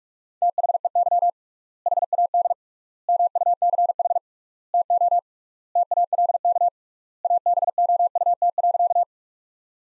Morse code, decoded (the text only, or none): THEY HAD MUCH TO TALK ABOUT.